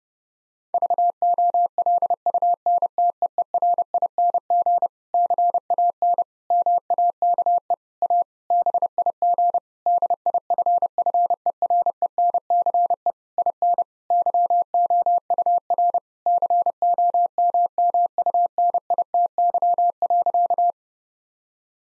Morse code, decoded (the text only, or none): VOLUNTEERING CAN MAKE A BIG DIFFERENCE IN YOUR COMMUNITY.